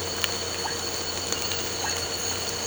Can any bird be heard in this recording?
no